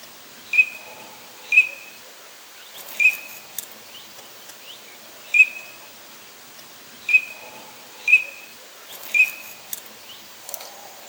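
Bird calling with short, sharp, whistled notes, each trailing off briefly, repeated seven times at uneven intervals of about one second or more.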